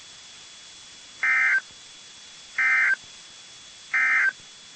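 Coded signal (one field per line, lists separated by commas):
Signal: Emergency Alert System (SAME) tones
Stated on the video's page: Severe thunderstorm outbreak alerts from NOAA Weather Radio stations in Fort Worth, Dallas, Waco, Tyler and Tomball, Texas.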